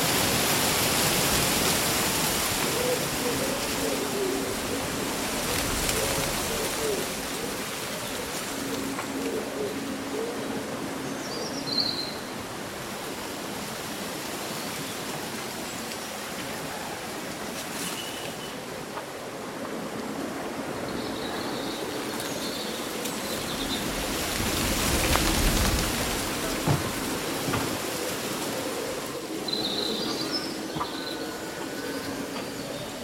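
Wind rustles through leaves in a steady, dense hiss that swells in gusts around 25 seconds and again near 30. Birds sing in short, bright chirps scattered across the clip, with a faint low cooing hum running underneath much of it.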